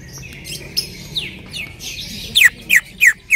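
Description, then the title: Bird song: a few sliding, downward chirps followed by four loud, sharp notes in quick succession. "Kicau Burung"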